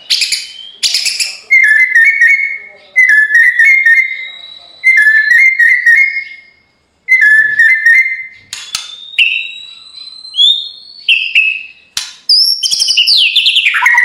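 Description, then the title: White-rumped shama: songbird repeating short clicking-and-whistled phrases several times, then switching to long pure whistles and a final rich rolling flourish. Full rolling ('ngerol') and 'nembak' style song for training (masteran). "Masteran Murai Batu Full Ngerol Nembak"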